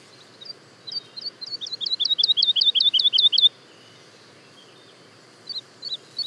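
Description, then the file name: Woodlark song: a rapid run of paired high and lower whistled notes building in volume, followed by silence and a few more notes at the end. Daytime song and duet, recorded at Le Puech, France. "alouette lulu chant de jour et duett Le Puech F"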